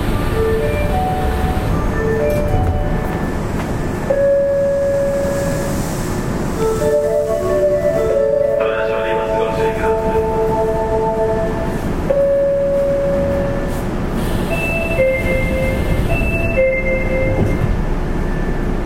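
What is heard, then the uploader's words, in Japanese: A subway train runs with a steady, heavy low rumble, its motors whining in shifting tones midway through, plus a brief hiss near nine seconds. 大阪市営地下鉄 30000系 谷町線 谷町４丁目から八尾南まで。大阪市交通局 30000系電車の走行音です。谷町線で録音しました。It is a running sound of the Osaka city subway 30000 series train.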